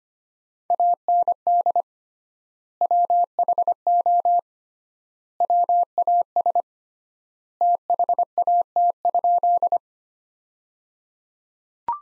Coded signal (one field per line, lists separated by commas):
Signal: Morse code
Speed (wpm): 25 wpm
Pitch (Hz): 700 Hz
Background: none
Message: AND WHO WAS THAT?